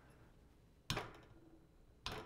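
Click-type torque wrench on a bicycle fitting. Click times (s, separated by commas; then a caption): 0.9 s, 2.1 s. A click-type torque wrench is re-applied to a bolt on a Fairlight Faran bicycle fitting during brake disc and caliper fitting, as a double check at its 40 newton-metre setting. Two sharp clicks sound at 0.9 s and 2.1 s over a quiet background. The wrench clicks again at its setting, confirming the torque with little effort needed.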